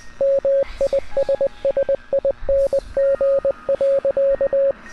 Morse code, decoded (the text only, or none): MISSING.